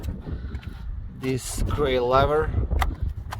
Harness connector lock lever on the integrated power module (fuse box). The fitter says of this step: you have to pull this all the way up until it clicks just like this now